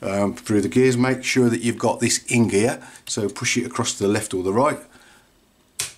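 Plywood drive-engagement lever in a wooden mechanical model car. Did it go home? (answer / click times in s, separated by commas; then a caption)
yes / 5.8 s. Someone talks while holding a wound-up UGEARS Cobra Drift Car, a 3D mechanical wooden model, then pushes its plywood drive/gear lever forward to engage the spring motor with the gears. A sharp click at 5.8 s shows the lever has seated into engagement, so the car can be let go.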